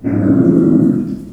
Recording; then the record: squeal of a Yucatan mini pig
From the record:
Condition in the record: after surgery on the right vocal fold (resection and tissue-engineered implant); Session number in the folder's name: 5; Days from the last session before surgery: 33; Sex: female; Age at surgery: 19 weeks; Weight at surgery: 25 kg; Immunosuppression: prednisolone